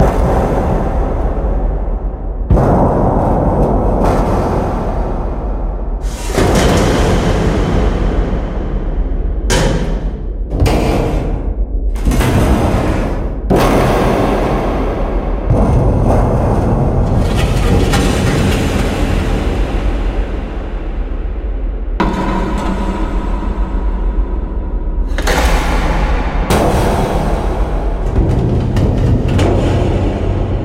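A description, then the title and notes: Heavy metal impacts crash through a dark, rumbling industrial drone, with sharp bright hits near 2–3, 6, 9–15 and 26 seconds. A deep low roar holds steady underneath, while quieter muffled stretches between strikes let the spacious, echoing texture carry through. Industrial Warehouse - Cinematic Metal Impacts And Textures. Powerful and spacious metal impacts. Highly charged metal impacts, and dark industrial texture sound effects.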